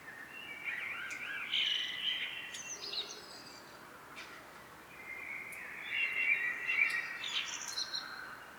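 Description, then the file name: Common blackbird song: two fluty, warbling phrases, each rising into a high squeaky twitter, separated by a pause of about two seconds. "Turdus merula"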